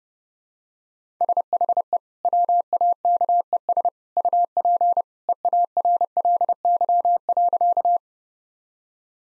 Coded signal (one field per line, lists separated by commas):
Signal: Morse code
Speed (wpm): 32 wpm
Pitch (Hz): 700 Hz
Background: none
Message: SHE WAKES UP EARLY.